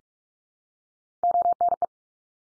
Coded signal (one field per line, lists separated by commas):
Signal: Morse code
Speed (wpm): 44 wpm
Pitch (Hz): 700 Hz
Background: none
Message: ONE